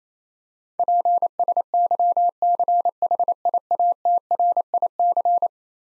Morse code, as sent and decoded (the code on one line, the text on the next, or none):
.--. ... -.-- -.-. .... .. .- - .-. .. -.-.
PSYCHIATRIC